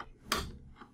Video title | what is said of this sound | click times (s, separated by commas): AEMC® - Read SD Card Feature of DataView® PowerPad III Control Panel | Then we just push it down at this location towards into the instrument and we listen for that little click so it is in place. | 0.3 s